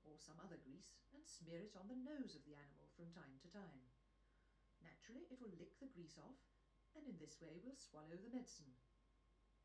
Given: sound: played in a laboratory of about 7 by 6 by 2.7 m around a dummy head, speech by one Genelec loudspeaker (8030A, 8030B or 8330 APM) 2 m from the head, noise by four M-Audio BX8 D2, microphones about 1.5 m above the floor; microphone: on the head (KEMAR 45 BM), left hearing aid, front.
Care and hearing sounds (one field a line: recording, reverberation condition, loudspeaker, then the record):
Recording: female speech in English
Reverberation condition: low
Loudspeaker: 150 degrees to the right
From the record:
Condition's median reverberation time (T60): about 310 ms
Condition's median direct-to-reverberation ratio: about 3.5 dB